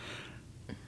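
A dainty sneeze from an adult woman.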